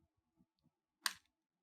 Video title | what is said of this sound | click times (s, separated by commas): Action figure review - Megatron (Beast) - Transformers Kingdom War for Cybertron | then fold this entire section upward so you should hear a click or you should feel a snap | 1.1 s